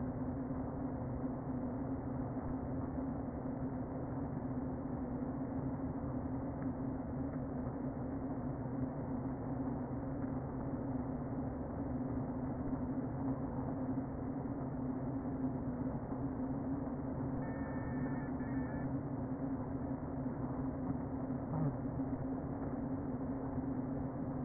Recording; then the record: honeybee colony, microphone inside the hive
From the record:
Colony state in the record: queen present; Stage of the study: before two queens were removed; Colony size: about 60,000 bees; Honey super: yes